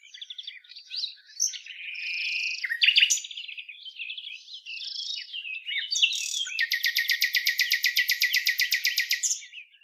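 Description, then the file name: Common nightingale singing varied rich whistles and chatters, then a long, very fast, evenly pulsed trill lasting about three seconds. "Luscinia megarhynchos"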